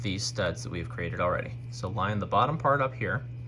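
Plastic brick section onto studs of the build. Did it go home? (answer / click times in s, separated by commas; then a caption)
no / none. A plastic brick section for a 501st Legion AV-7 Anti-Vehicle Cannon build is handled and its bottom part lined up over the studs already built. Someone talks throughout, over a steady low hum. Nothing has seated or clicked yet; the section is not yet home on the studs.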